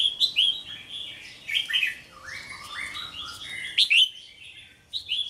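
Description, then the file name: Red-whiskered bulbul song: dense, overlapping warbled phrases of slurred whistles, with a loud bright burst near four seconds amid busy chirping. Song of the 'hót chè' style. "Tieng chao mao hot che"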